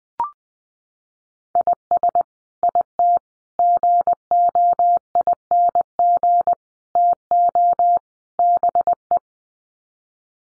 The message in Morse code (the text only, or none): IS IT GOING TO BE